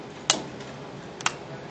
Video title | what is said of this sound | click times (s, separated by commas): Keyboard swap on a Asus K50I for Goose | you feel each thing lock in and then you have | 0.3 s, 1.3 s